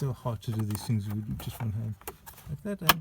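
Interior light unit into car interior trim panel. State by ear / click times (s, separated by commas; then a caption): not seated / none. Someone talks while pressing a plastic interior light unit by hand into the interior trim panel of a Focus MK2 car, with light handling noises and a brief sharp tap near the end. The clip ends before the part goes home, so nothing has clicked into place yet.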